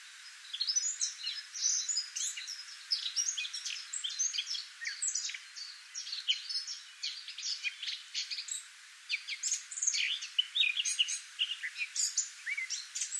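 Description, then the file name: Eurasian blackcap giving a long, dense, bubbling warble of rapid high chirps and slurred notes, almost unbroken apart from one short lull. "Sylvia atricapilla"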